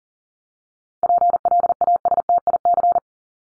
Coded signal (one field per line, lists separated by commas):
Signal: Morse code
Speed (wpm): 40 wpm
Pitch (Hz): 700 Hz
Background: none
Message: PLASTIC